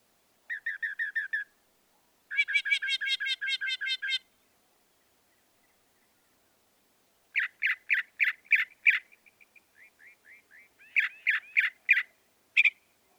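Northern mockingbird song: a short burst of repeated chirps, then a long rapid buzzy trill, a pause, and two series of sharp notes repeated in quick succession.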